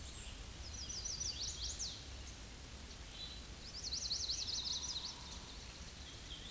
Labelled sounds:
Chestnut-sided Warbler (Setophaga pensylvanica) song
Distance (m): 45 m
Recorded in a Pennsylvania forest on 18 May 2023 at 07:46
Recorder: AudioMoth, point grid1_37_low
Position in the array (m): 119 m, 207 m

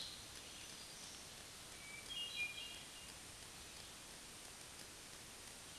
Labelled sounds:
Hermit Thrush (Catharus guttatus) song
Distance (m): 15 m
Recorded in a Pennsylvania forest on 3 June 2023 at 07:12
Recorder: AudioMoth, point grid3_3_low
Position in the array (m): 76 m, 38 m

